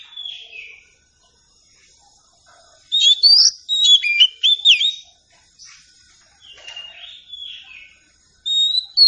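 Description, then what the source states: Oriental Magpie-Robin song in short bursts of bright slurred whistles and chattering notes, with quieter phrases between them. Meant to prompt a bird to sing in reply.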